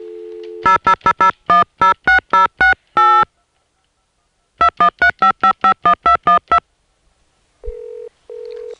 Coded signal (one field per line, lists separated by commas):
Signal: DTMF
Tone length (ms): 110 ms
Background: music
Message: 0000106068 2135551212